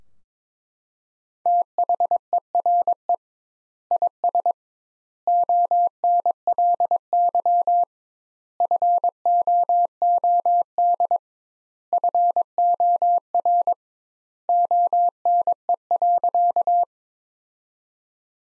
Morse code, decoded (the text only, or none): THERE IS ONLY FOOD FOR ONE.